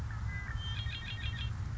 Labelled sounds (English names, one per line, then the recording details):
Red-winged Blackbird
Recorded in Sonoma County, California